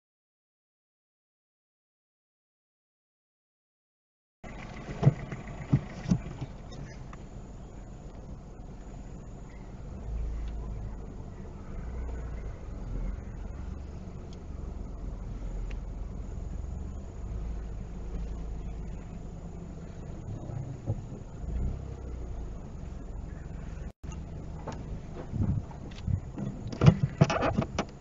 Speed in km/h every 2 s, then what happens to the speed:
0, 0, 0, 0, 0, 0, 0, 2, 2, 0, 0, 0, 0, 0.
0-28 standing.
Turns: none.